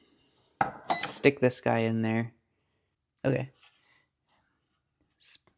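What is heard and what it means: A dedicated carburetor service tool is handled and inserted into a part of a 44 IDF carburetor while someone talks, with a sharp handling sound at 0.6 s and a faint one near 5.5 s. The clip ends before the tool is pushed down, so nothing has clicked or locked into place yet.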